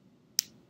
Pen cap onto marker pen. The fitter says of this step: click we want to hear that click every time